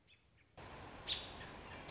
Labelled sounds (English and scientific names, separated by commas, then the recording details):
American Robin (Turdus migratorius)
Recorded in Sonoma County, California